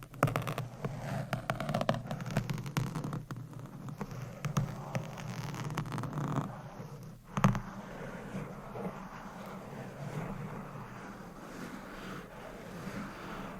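Scratching and tapping sounds, dense and uneven over the first seven seconds, with many quick clicks and rubbing strokes. A sharp tap lands near seven and a half seconds, after which the sound settles into a softer, steadier rustling murmur with a low rumble underneath.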